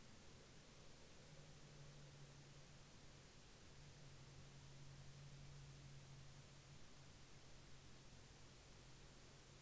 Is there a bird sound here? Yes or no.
no